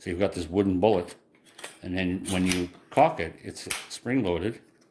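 Someone talks while handling the spring-loaded wooden bolt of a wooden drill training rifle, with faint handling sounds between the words. Nothing has seated or clicked yet.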